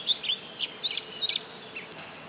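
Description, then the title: Oriental magpie-robin giving quick bright chirps and short sweeping whistled notes in rapid bursts over steady background hiss. Female national champion competition bird from East Java, described as gacor and of the tarung style, black poci type. "Kacer Juara 1 Nasional gacor kacer juara nasional jawa timur kacer tarung betina poci gacor hitam"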